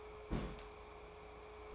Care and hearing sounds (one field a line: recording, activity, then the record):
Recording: daily activity, microphone in the room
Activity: place on stove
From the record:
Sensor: 1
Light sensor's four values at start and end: 55/141/59/74 and 55/141/58/74